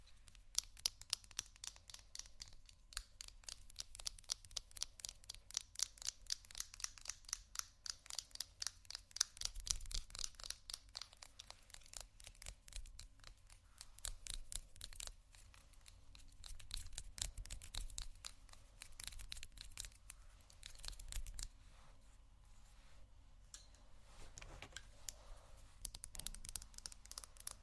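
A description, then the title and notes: Rummaging through a makeup bag, with a dense run of quick, bright clicks and rattles as items knock together. Rustling and crinkling bursts come and go throughout, with a couple of heavier low thumps near 10 and 21 seconds. ASMR Rummaging Through My Makeup Bag （No Talking）.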